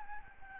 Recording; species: mosquito wingbeat signal from an infrared sensor; Aedes albopictus